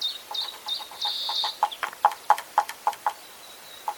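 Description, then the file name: Eurasian blue tit calls: short high notes and a buzzy stretch at the start, then a run of evenly spaced dry clicking knocks. "Cyanistes caeruleus"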